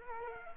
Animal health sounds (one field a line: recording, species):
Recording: mosquito wingbeat signal from an infrared sensor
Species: Culex quinquefasciatus